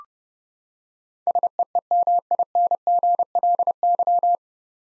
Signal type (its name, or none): Morse code